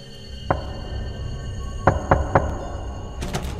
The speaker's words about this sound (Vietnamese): Không gian tối om om, tiếng gõ kỳ lạ sau cánh cửa gỗ nhà lão chẳng biết là của ai. Tiếng gõ cửa cứ vang lên đều đặn, lạnh ngắt như từ một cõi xa xăm nào đó vọng lại.